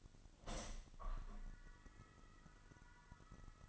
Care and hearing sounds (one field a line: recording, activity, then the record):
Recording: daily activity, microphone in the room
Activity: open window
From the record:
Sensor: 4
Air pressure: 1005.6 hPa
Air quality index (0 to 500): 94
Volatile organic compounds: 2 ppm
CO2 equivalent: 1153 ppm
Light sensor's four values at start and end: 13/29/11/11 and 13/29/11/11